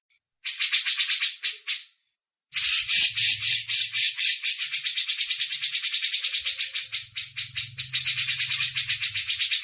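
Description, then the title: Grey-cheeked Bulbul with a sustained, fast, scratchy chatter after a short opening burst, and a faint low hum underneath in places. Masteran tutor recording for training songbirds. "MASTERAN CUCAK JENGGOT"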